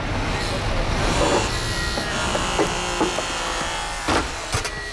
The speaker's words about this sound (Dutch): Jullie zijn nog geen uur binnen of jullie staan al een auto te slopen hier.